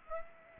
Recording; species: mosquito wingbeat signal from an infrared sensor; Aedes aegypti